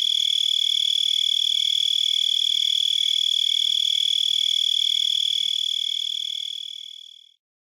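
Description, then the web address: Four-spotted tree cricket singing a steady, high, continuous trill with fast even pulses, holding level before fading out near the end. "The Songs of Insects. Four-spotted Tree Cricket"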